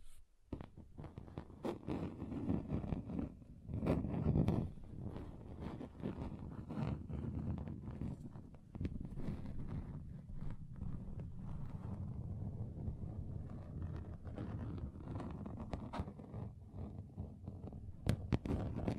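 Scratching across a table surface runs almost without pause, a dense, gritty rasp concentrated low with scattered sharper ticks. A louder, rougher burst comes around four seconds, and a couple of bright clicks stand out near the end, after a brief silent start.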